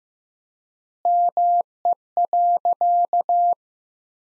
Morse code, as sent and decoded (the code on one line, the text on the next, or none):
-- . .-.-.-
ME.